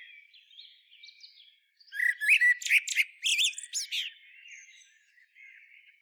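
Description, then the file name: Common blackbird song: a faint warble, then one strong phrase of mellow whistles mixed with sharp high squeaks, fading into soft notes. "Turdus merula"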